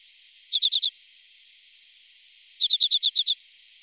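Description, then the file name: Common redpoll giving two quick bursts of dry chattering notes, first four notes, then a longer run of several, separated by a pause. "Grasiska"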